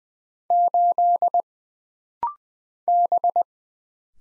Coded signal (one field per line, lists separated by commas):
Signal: Morse code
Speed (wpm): 20 wpm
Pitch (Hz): 700 Hz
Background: none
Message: 8 B